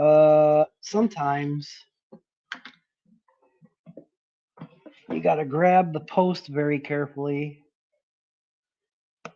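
Someone talks while carefully gripping the metal post of a rebuildable vape atomizer during disassembly and giving it a small twist to free the part. A short, sharp click is heard at 9.3 s as the metal deck part clicks loose and is released.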